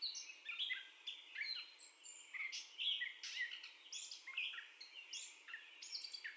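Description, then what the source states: Catbird song: separate squeaky and scratchy phrases, some slurring down, others rising, delivered in quick irregular bursts with short gaps. First song, recorded 30 May 2021.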